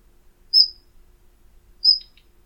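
Flycatcher giving two thin, high whistles about a second apart, the second followed by a couple of soft chips.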